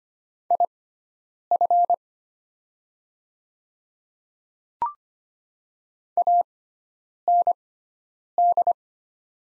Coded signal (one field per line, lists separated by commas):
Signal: Morse code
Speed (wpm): 25 wpm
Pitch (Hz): 700 Hz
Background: none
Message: IF AND